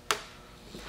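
A rubber band is stretched over a glued wooden pulley-pattern segment as a light clamp and snaps into place with one sharp, short snap at 0.1 s. Quiet low background rustle follows, and the rubber band is seated as the clamp.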